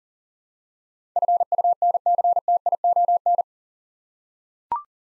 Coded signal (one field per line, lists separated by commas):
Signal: Morse code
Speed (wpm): 40 wpm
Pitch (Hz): 700 Hz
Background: none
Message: FUNCTION